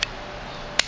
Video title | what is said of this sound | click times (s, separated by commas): Smith & Wesson Model 990 Neck Knife | it locks in really nice. It's not going to go anywhere. | 0.0 s, 0.8 s